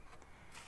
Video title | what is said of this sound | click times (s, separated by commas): Buy it! • Build it! • Fly it! • E flite Cirrus SR22T | elevator and I got the snap bit here in the place that hopefully you heard a snap | 0.2 s